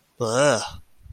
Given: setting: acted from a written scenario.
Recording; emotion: vocal sound without words; disgust